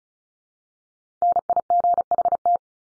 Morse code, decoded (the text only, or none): NIGHT